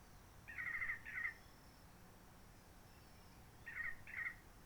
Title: Roche Merveilleuse, Réunion - Merle de lîle de la Réunion.